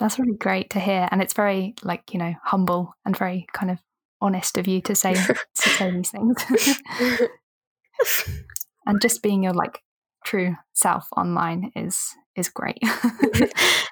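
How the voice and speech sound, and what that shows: A woman speaks fluently in a warm, conversational voice with natural pauses; typical, ordinary adult speech.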